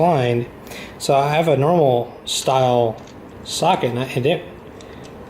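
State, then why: Not seated. Someone talks while a normal hex-style steel socket is tried on a cylinder head bolt of a Miata engine during teardown, with a brief sharp knock near 4.8 seconds. The socket will not go on the bolt head and only knocks against it, so nothing has seated or clicked.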